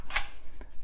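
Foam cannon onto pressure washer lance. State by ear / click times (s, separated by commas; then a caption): not seated / none. A plastic foam cannon is handled as it is brought onto the lance of an AVA Master P60 pressure washer, to be fitted with a bayonet fitting. There is a sharp, bright handling noise at about 0.2 s and a softer knock near 0.6 s. Nothing has seated or clicked yet.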